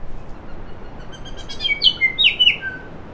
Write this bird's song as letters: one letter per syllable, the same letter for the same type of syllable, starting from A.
A A A B C D E F G H